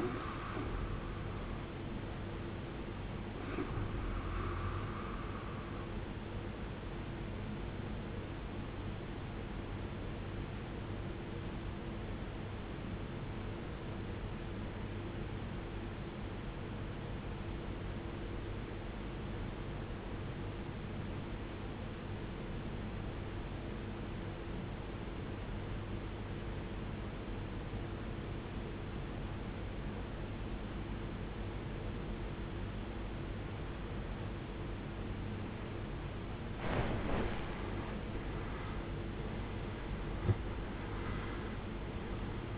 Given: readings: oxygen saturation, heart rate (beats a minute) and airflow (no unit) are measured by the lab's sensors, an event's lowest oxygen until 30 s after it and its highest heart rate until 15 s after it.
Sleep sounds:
breathing in sleep by a voice recorder at the bedside; 1
11.00-37.20 s: obstructive apnea (N1, oxygen 94% highest, then 84% lowest, heart rate 51 at the start, 77 highest)
From the record:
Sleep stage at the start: N1 (lightest sleep); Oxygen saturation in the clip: 85 to 94%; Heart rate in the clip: 51 to 73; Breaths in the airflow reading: 4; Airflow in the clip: -19.7 to 19.1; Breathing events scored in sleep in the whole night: 389 in 6.3 hours asleep

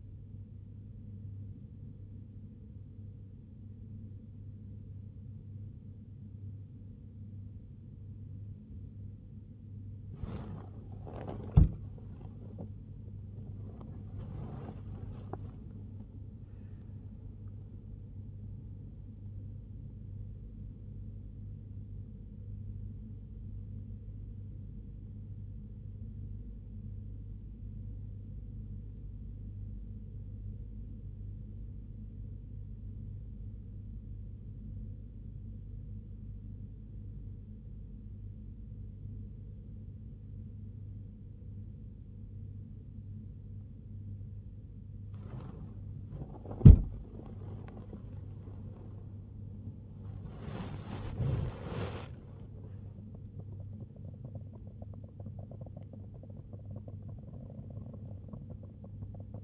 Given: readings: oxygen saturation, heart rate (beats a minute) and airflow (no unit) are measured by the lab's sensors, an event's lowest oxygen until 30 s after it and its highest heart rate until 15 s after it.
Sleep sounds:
breathing in sleep by a smartphone at the bedside; 1
26.00-48.10 s: hypopnea (N1, oxygen 97% highest, then 94% lowest, heart rate 59 at the start, 83 highest)
From the record:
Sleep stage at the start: N1 (lightest sleep); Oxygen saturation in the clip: 94 to 97%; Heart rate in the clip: 59 to 85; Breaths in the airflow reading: 15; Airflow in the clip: -2.0 to 1.8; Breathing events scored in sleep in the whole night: 101 in 7.3 hours asleep

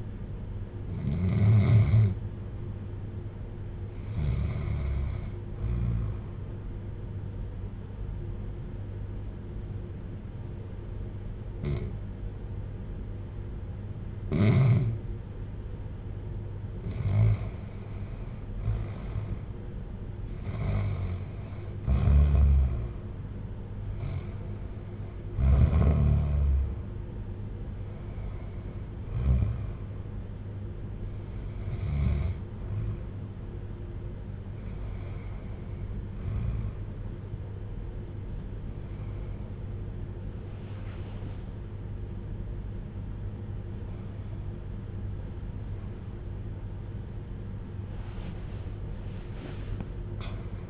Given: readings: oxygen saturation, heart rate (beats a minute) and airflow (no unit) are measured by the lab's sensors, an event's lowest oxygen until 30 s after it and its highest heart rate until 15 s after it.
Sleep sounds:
breathing in sleep by a smartphone at the bedside; 1
7.00-19.50 s: obstructive apnea (REM, oxygen 94% highest, then 91% lowest, heart rate 62 at the start, 71 highest)
From the record:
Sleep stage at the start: REM sleep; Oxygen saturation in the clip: 91 to 96%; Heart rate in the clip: 59 to 73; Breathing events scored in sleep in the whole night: 310 in 8.1 hours asleep

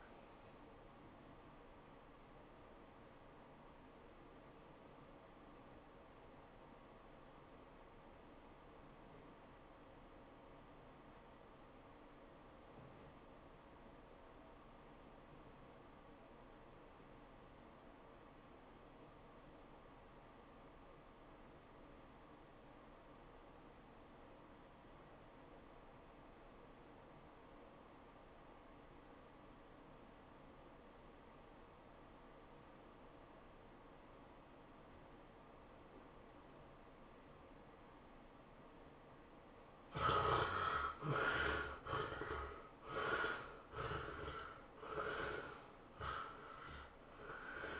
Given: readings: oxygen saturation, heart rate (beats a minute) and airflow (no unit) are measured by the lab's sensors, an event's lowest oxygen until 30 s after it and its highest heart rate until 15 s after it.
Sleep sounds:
breathing in sleep by a voice recorder at the bedside; 1
4.00-40.40 s: obstructive apnea (REM, oxygen 96% highest, then 60% lowest, heart rate 108 at the start, 118 highest)
From the record:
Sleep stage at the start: REM sleep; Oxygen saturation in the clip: 63 to 96%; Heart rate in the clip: 67 to 115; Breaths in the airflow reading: 4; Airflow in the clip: -18.9 to 13.5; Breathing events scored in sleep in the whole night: 403 in 5.5 hours asleep

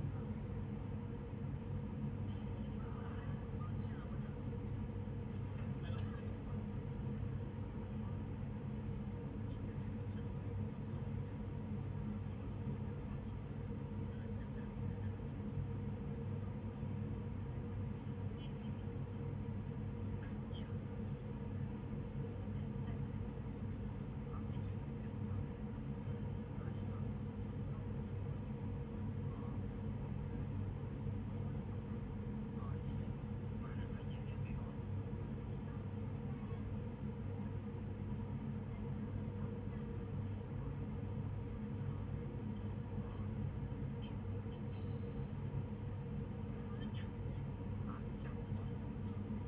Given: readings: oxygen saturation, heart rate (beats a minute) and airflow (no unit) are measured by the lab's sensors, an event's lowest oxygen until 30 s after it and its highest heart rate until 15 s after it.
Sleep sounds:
a person awake in a sleep study, by a smartphone at the bedside; none
0.00-49.48 s: awake
From the record:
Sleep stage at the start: awake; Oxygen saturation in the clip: 95 to 96%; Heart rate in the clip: 51 to 60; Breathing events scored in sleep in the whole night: 35 in 6.9 hours asleep

